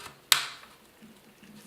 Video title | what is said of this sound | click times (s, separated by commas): FAQ #5 How to Clean a Jobu Design Tripod | make sure both ends snap into place if it doesn't snap into place you can pop it off and try the opposite way | 0.3 s